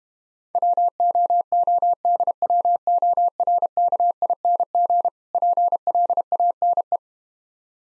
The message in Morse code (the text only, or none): WOODWORKING PLANE